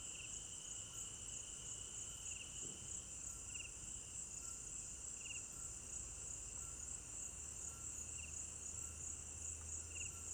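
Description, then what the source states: Cricket chorus with a constant high shrill band and a lower trilling layer, over a soft low background hum. Crickets at night in an African village garden; recorded in stereo binaural.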